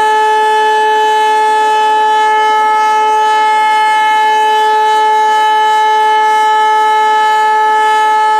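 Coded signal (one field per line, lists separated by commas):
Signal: siren signal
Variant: E57 electromechanical siren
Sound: loud steady wailing siren tone held at full pitch for the whole clip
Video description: Die Aufnahme entstand beim monatlichen Probealarm der Feuerwehrsirenen in Rheinbach am 13. Februar 2021 um 11.30 Uhr mit dem Signal "Feueralarm".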